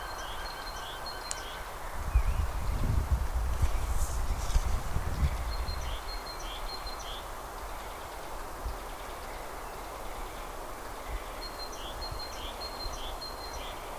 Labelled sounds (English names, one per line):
European Green Woodpecker